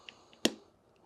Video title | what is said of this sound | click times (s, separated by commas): How to Install Infamous Murder Machine Trigger Gen 4 Plus Trigger Shoe + Overview | I'll pop into place | 0.4 s